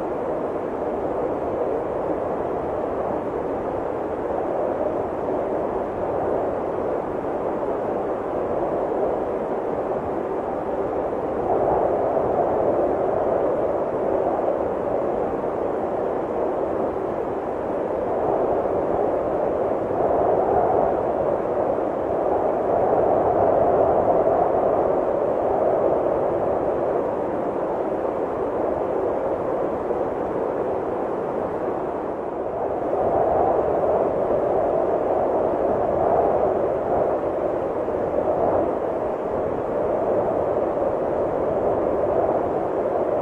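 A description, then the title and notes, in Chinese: Steady desert wind roars low and dense for the whole stretch, swelling slightly in gusts around the middle and again near the end, with dull treble. 敦煌鸣沙山氛围 沙漠环境音 治愈放松风声。敦煌鸣沙山月牙泉氛围。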